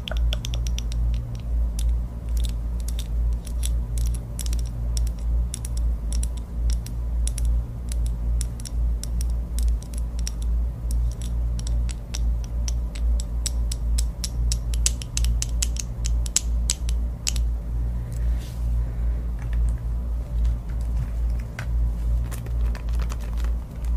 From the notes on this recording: Tapping and scratching on many new objects, with my super long nails